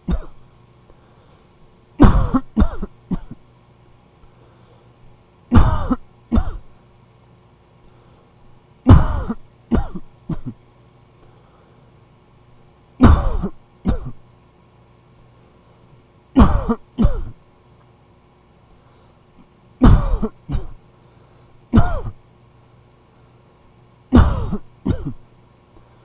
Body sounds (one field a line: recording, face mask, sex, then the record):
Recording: voluntary coughing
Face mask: none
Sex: male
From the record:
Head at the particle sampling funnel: facing it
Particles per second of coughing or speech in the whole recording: 9.08